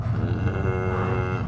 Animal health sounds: contact call of a hoofed animal; cattle; low-frequency (closed-mouth) or high-frequency (open-mouth) call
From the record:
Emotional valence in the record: negative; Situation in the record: full separation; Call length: 1.48 s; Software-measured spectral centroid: 1070 Hz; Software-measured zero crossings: 760 a second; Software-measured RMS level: -24 dBFS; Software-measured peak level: -12 dBFS

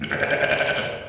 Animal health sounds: contact call of a hoofed animal; sheep; low-frequency (closed-mouth) or high-frequency (open-mouth) call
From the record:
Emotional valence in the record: negative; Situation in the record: short social isolation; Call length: 1.09 s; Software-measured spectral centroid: 1940 Hz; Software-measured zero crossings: 2710 a second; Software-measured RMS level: -24 dBFS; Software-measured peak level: -6 dBFS

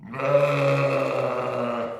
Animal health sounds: contact call of a hoofed animal; sheep; low-frequency (closed-mouth) or high-frequency (open-mouth) call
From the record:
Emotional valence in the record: negative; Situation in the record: short social isolation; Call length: 2.0 s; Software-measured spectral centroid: 1670 Hz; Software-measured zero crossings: 1510 a second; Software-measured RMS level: -23 dBFS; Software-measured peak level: -9 dBFS

